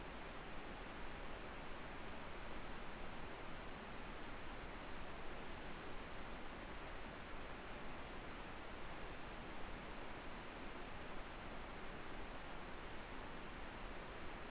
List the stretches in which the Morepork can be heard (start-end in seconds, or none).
none